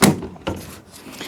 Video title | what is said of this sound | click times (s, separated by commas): how to fit 40 inch tires on jeep gladiator | so they'll just slide they'll you hear it snap into place | 0.0 s, 0.5 s